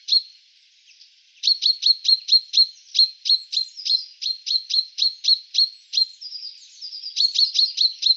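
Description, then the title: Common chaffinch giving rapid sharp high call notes in a steady series of about four per second, with faint softer notes between. "Sylvain Jaskowiak - Mes piafs. Pinson des arbres (cris)"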